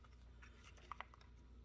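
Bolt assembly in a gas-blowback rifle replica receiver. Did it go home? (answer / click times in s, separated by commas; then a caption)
no / none. The bolt and charging assembly of a modified gas-blowback M16 replica is pushed forward in its receiver, but because of the modification it does not go all the way in or hook into the catch, and it can be pulled back without pressing the release lever. Only faint handling noises are heard, with a couple of brief light ticks around 0.9 and 1.0 seconds. Nothing has locked or clicked into place yet.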